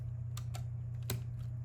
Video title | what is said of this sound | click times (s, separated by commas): 2013 - 2018 Ram 8.4" screen XAV-AX8500 XAV-9500ES install | and it'll snap into place | 1.1 s